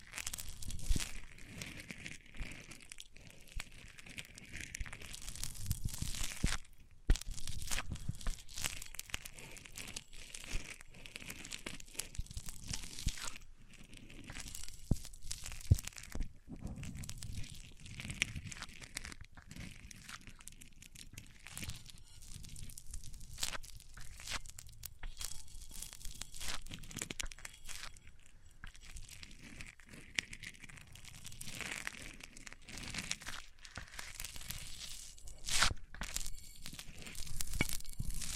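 Microphones rubbed against different surfaces make a dense, continuous scraping and crinkling that runs the whole 38 seconds. The friction comes in quick irregular strokes with sharper crackles and occasional hard thumps, around 7 and 16 seconds. Texture shifts between rough low rumbling and brighter hissy scratching.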